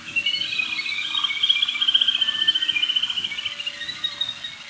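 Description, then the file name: Little grebe trilling: a long, shrill, whinnying trill of rapid pulses that rises slightly at first and then holds level, with soft low rumbling beneath. "kaituburi"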